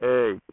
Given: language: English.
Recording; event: throat vibration sensor signal played as sound; speech